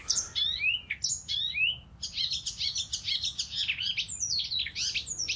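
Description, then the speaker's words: Icterine warbler song: a fast, varied stream of slurred downward whistles and harsh, chattering notes delivered almost without pause. Sharp, grating original song of the icterine warbler. "Ja, die scherpe, knerpende zang van wat de spotvogel van origine heeft, zeg maar."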